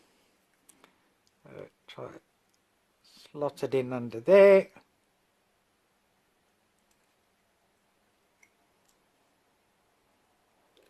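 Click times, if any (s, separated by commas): none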